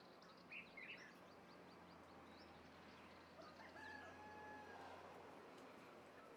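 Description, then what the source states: Rooster crowing, a faint drawn-out harmonic crow in the second half, with a few bird chirps early on and a steady low hum underneath. Country atmosphere with birds.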